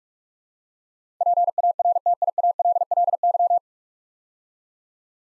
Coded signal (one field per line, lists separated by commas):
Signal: Morse code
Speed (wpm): 44 wpm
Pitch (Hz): 700 Hz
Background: none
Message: PARTIALLY